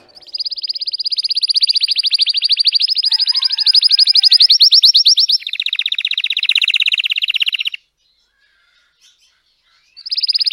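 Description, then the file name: Canary (Belgian, red frosted): canary song: long rapid trills, then a lower rolling trill, a short pause, then another loud trill begins. Belgian canary, red frosted variety. "canto do canario belga vermelho nevado"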